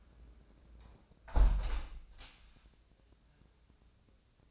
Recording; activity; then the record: daily activity, microphone in the room; close window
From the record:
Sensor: 2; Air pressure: 1012.1 hPa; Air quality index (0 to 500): 126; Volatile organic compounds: 1 ppm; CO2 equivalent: 936 ppm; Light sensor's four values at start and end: 161/388/163/170 and 160/387/162/168